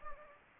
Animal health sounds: mosquito wingbeat signal from an infrared sensor; Anopheles gambiae

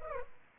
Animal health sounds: mosquito wingbeat signal from an infrared sensor; Culex pipiens

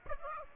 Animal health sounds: mosquito wingbeat signal from an infrared sensor; Aedes aegypti

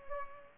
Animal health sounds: mosquito wingbeat signal from an infrared sensor; Culex pipiens

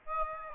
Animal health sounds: mosquito wingbeat signal from an infrared sensor; Aedes albopictus

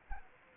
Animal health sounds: mosquito wingbeat signal from an infrared sensor; Anopheles arabiensis

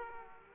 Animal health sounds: mosquito wingbeat signal from an infrared sensor; Aedes aegypti

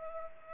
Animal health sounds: mosquito wingbeat signal from an infrared sensor; Culex pipiens

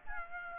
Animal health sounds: mosquito wingbeat signal from an infrared sensor; Aedes aegypti

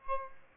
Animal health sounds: mosquito wingbeat signal from an infrared sensor; Aedes albopictus

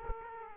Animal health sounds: mosquito wingbeat signal from an infrared sensor; Aedes aegypti

